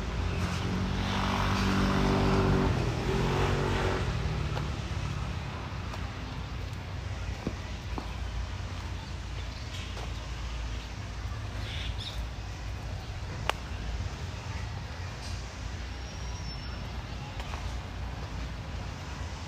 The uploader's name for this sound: Walking In Ramat Aviv, Israel